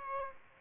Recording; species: mosquito wingbeat signal from an infrared sensor; Aedes aegypti